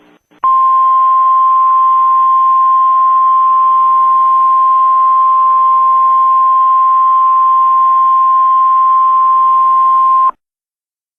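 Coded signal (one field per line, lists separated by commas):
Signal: Emergency Alert System (SAME) tones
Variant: 1050 Hz attention tone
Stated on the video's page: Fictional nuclear missile alert from an EAS scenario, not a real one.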